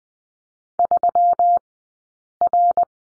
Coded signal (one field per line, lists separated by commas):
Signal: Morse code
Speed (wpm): 20 wpm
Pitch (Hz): 700 Hz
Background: none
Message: 3R